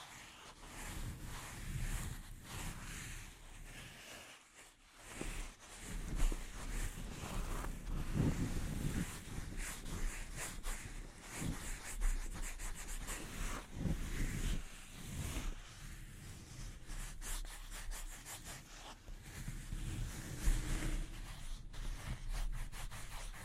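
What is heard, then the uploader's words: Delicate scratching and tapping on a microphone, a busy rustling texture with dense quick clicks, low rumbling thumps, and a brief pause near five seconds. ASMR Delicate Mic Scratching and Tapping Triggers.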